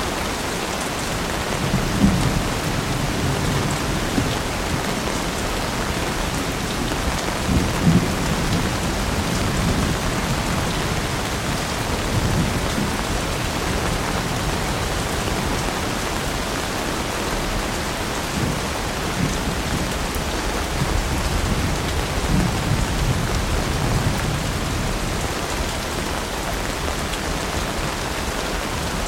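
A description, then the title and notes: Steady rain hisses evenly across the whole clip, a dense wash of patter that never lets up. A low rumble swells and fades underneath, like distant thunder, with a few slightly louder taps near two and eight seconds. RAIN SOUNDS - PINK NOISE.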